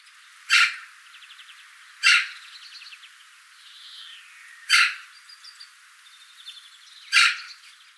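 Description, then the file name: Eurasian magpie giving loud harsh rattling chatters, four bursts spaced irregularly, one and a half to nearly three seconds apart, with softer rattles and a faint buzzy trill between them. "Pica pica"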